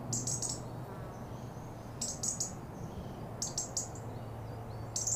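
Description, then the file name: European robin calling with quick, sharp ticks grouped in short rattling bursts roughly every one and a half seconds, thin faint whistles between, low droning hum behind. "Erithacus rubecula"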